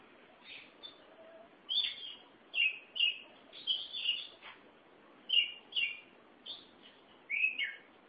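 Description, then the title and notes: Oriental magpie-robin song: sweet whistled notes and short slurred phrases with brief pauses, some louder than others. Kacer song. "Suara Kicauan Burung Kacer Durasi Panjang. Suara kicauan burung kacer format mp3 durasi panjang"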